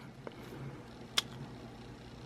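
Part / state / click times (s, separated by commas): plastic frame mount into carbon fibre quadcopter frame slot / partly seated / 1.2 s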